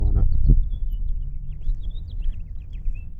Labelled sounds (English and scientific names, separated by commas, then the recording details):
House Finch (Haemorhous mexicanus) song
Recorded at Lawrence on Long Island, New York, on 4 June 1975
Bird B